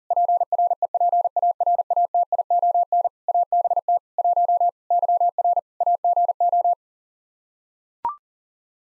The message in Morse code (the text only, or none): PREPARATION ABT 1 YR AGO